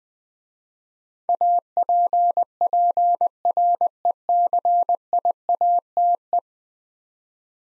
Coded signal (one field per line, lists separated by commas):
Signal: Morse code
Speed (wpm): 20 wpm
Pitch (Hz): 700 Hz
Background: none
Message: APPRECIATE